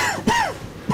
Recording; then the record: coughing mixed with background sound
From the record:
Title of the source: Dry Coughing Fit in the Afternoon.